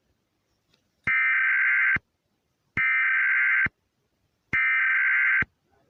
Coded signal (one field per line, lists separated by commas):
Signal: Emergency Alert System (SAME) tones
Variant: header bursts